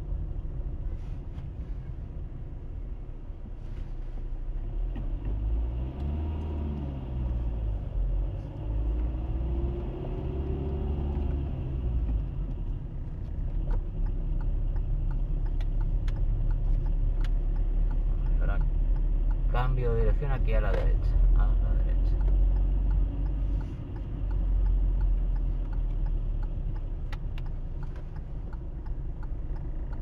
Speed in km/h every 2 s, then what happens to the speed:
13, 2, 3, 8, 16, 18, 16, 16, 17, 18, 19, 22, 18, 13, 12.
0-3 brakes to 2. 5-8 speeds up to 16. 8-15 steady at about 16. 15-21 speeds up to 22. 21-26 slows to 13.